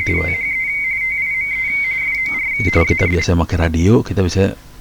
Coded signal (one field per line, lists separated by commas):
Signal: RTTY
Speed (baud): 45.45 baud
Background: speech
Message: THE TIME FOR A M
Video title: 20200407 ORARI amatir radio digital